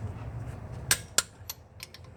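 A click-type torque wrench set to 150 ft-lb tightens the wheel lug nuts in a star pattern on a 2004–2008 Ford F-150 during a front shock and strut change. Two loud, sharp clicks from the wrench breaking over at the setting land at 0.9 s and 1.2 s, followed by a few fainter ticks over a low background rumble.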